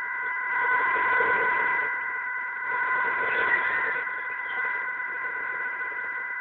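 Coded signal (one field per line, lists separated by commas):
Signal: fast PSK data mode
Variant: QPSK125 and BPSK125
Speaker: let's increase the speed again qpsk 125 will be centered on 1,000 HZ and bpsk 125 on 2000 HZ each is 200 words per minute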